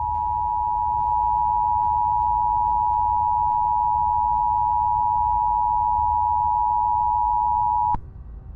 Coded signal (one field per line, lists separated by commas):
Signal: Emergency Alert System (SAME) tones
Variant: 853 and 960 Hz attention tone